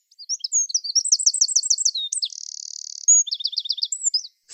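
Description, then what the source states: Wren singing, a very high, fast and shrill outpouring of rapid trills, twittering notes and a sustained buzzy rattle, tumbling together for over four seconds. Song high-pitched, incredibly fast and rather shrill to the human ear; a wren can produce 100 notes within 3 or 4 seconds.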